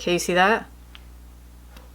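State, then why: Not seated. Someone talks briefly as a plastic cap is pushed onto a liquid eyeliner pen, followed by two faint tick-like touches of the cap at about 1.0 and 1.8 seconds. The cap closes without any click, and nothing has seated or clicked, so it feels insecure and cheap.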